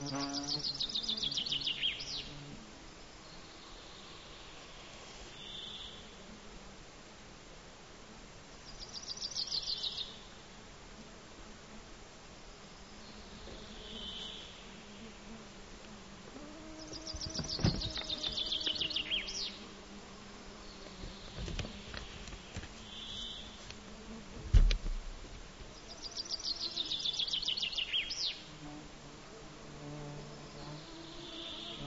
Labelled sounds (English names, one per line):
Common Chaffinch song